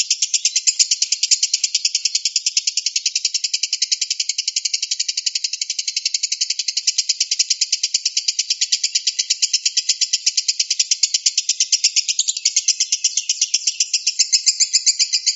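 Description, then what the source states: Lovebird giving a long unbroken run of sharp, rapid, steadily pulsing chirps, high-pitched and harsh. Konslet song style.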